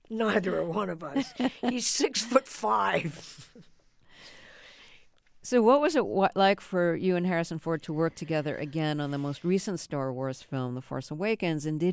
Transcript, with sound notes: Neither one of us. He's 6 foot 5 (laughter).
So what was it like for you and Harrison Ford to work together again on the most recent "Star Wars" film, "The Force Awakens?"